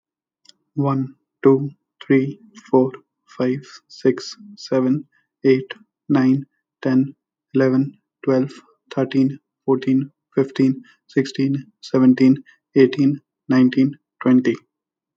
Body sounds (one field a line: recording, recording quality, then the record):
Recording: counting at a normal pace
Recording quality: excellent, no background noise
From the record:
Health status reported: healthy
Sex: male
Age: 27 years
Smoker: yes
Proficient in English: yes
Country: India